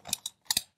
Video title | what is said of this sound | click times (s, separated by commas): Graco Pack 'n Play Playard Bassinet Changer with Cuddle Cove Rocking Seat Winslet | and you hear the clicks to make sure it's in there safely | 0.1 s, 0.3 s, 0.5 s, 0.6 s